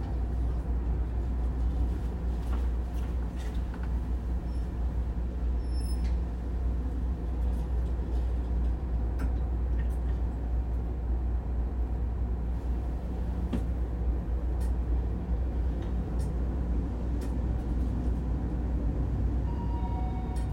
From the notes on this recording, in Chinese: 從台北車站搭捷運上班